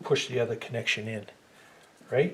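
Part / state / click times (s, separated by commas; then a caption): transmission cooler line into its quick connect fitting / not seated / none. Someone talks while the other transmission cooler line connection on an F150 is handled at its quick connect fitting. Nothing has seated or clicked yet; the line has not gone home in the fitting.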